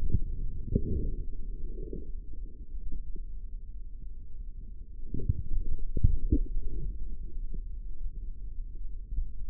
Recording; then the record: forearm muscle sounds (acoustic myography)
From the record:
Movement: forearm pronation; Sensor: system 3, bracelet of six PUI Audio POM-2738L microphones around the upper forearm, with dedicated amplification and filtering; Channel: 4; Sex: male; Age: 55 years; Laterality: right